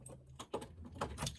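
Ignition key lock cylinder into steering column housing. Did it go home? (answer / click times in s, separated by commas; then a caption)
no / none. An ignition key lock cylinder, with its release button facing down, is handled at the steering column housing of a Ford F150/E250 truck or van during a column bushing replacement to fix slack in the shifter. Light, key-like metallic jangles and taps sound at about 0.1, 1.0 and 1.5 seconds. The clip ends before the cylinder goes home, and nothing has seated or clicked yet.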